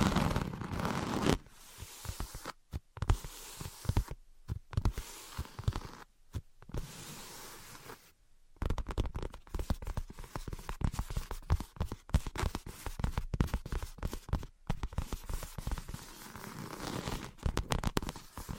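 Tapping and scratching that comes in dense, crackling bursts, broken by several abrupt silences in the first eight seconds. After a longer gap near eight seconds, quick irregular taps and scrapes run almost continuously to the end, bright and gritty, with a faint low hum underneath.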